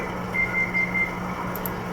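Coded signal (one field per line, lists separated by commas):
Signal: none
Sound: radio roger beep tones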